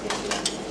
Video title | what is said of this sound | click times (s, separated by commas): M2U00473 | until it clicks and latches into place | 0.5 s